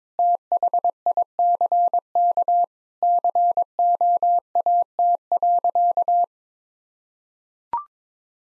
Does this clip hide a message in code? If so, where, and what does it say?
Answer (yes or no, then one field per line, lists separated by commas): yes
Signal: Morse code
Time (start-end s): 0.2-6.2 s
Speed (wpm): 22 wpm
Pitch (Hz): 700 Hz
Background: none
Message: THICK COAT.